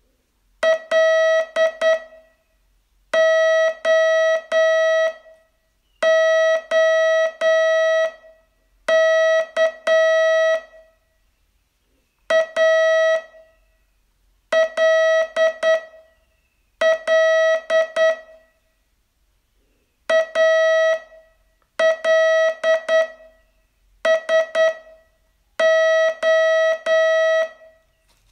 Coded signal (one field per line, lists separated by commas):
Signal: Morse code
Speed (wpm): 9 wpm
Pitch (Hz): 640 Hz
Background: none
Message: LOOK ALL ALSO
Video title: Learn Morse in 42 Days from VU2LAU - day 25